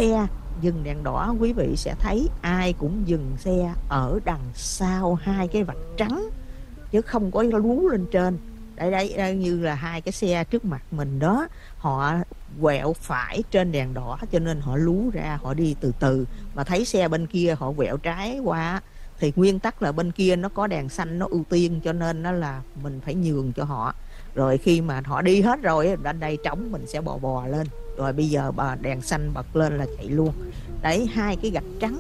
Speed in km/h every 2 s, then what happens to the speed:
39, 29, 18, 10, 8, 6, 5, 3, 0, 0, 0, 0, 0, 3, 6, 13.
0-15 slows to 0. 15-25 standing. 25-32 pulls away to 13.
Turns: 26-32.